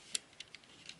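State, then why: Not seated. The plastic paper drawer of an ELI 250 12-lead ECG recorder is handled with its thermal paper centred between the guides. A few light, sharp ticks sound, with the strongest at 0.2 s and softer ones around 0.4 s, 0.6 s and 0.9 s. The drawer has not yet latched shut into the recorder housing, so nothing has seated or clicked yet.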